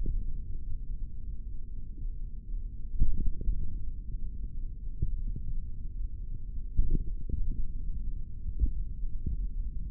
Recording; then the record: forearm muscle sounds (acoustic myography)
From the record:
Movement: tripod grip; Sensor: system 3, bracelet of six PUI Audio POM-2738L microphones around the upper forearm, with dedicated amplification and filtering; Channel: 4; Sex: male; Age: 23 years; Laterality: right